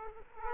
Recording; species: mosquito wingbeat signal from an infrared sensor; Aedes aegypti